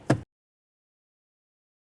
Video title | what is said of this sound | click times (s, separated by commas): How to Install Rear Outside Door Handle 2012-17 Toyota Camry | install and gently press until it clicks | 0.1 s